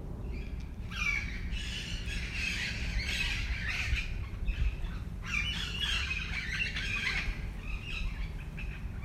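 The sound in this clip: Parakeet giving rasping squawks in bouts with brief pauses, over a constant low background hum.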